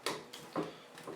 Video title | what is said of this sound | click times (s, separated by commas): Laptop screen replacement / How to replace laptop screen Acer aspire 7250-0672 | make sure the hinges work correctly, pressing back all of the display, allowing it to click into place | 0.1 s, 0.3 s, 0.6 s